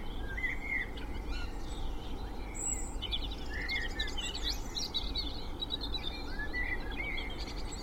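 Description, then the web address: Birds: bird dawn chorus of mixed chirps, short whistles and high trills from several singers, steady low traffic hum underneath throughout. Spring dawn chorus with distant traffic noise, Cheshire, UK. "beanstalk-audio Spring dawn chorus with distant traffic noise Cheshire UK"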